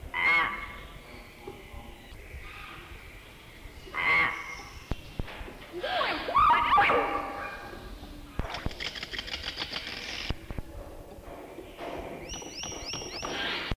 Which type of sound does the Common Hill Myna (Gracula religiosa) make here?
call